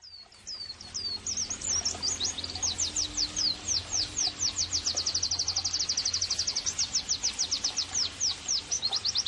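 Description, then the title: White-eye singing a long, rapid series of high, thin chirps, each note sweeping downward, delivered in a steady rush of several per second. Actively singing ('gacor') bird, with the recording used as therapy and bird-training ('masteran') audio. "Pleci Gacor. terapi pleci dextro 87"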